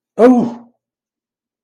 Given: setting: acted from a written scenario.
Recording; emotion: vocal sound without words; negative surprise